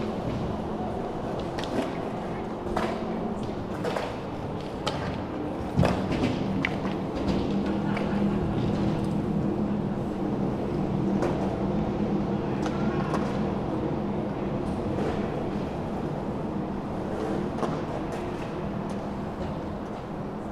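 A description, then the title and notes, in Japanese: Skateboards roll and clatter around a practice area, with sharp knocks from boards and landings at about 3, 6, and 11 seconds. A steady low rumble of wheels and traffic runs throughout, and voices can be heard talking in the background. スケボーを練習する音。スケボー練習場の様子を録ってみました。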